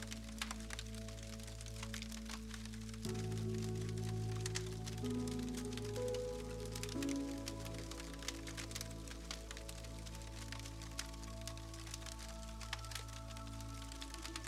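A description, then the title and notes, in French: A crackling fire pops and snaps steadily, with sharp bright cracks scattered densely throughout. Beneath it, soft sustained music holds low droning tones, and a new set of gentle notes enters around three seconds and shifts every couple of seconds. Un mélange unique de sons du feu crépitant et de musique calmante. Les crépitements naturels du feu, associés à des mélodies douces et apaisantes.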